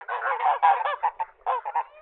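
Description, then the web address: Goose honking in a rapid series of harsh, nasal honks, some doubled, with short gaps between bursts. "Daddy Chronic soundarchiv entry 15 goose"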